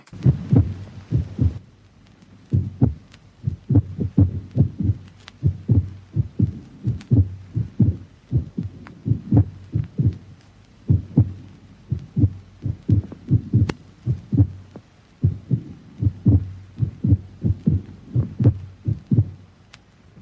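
An adult heart heard by stethoscope, recorded in the early 1950s. The rhythm is irregularly irregular: there is no detectable rhythm at all, and the beats come completely at random.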